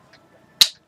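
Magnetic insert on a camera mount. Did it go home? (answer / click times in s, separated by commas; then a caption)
yes / 0.6 s. A small magnetic insert detached from a camera mount is snapped back onto the mount, seating solidly with a single sharp, loud click at 0.6 s. Before it there is only a faint tick near 0.1 s against a quiet background.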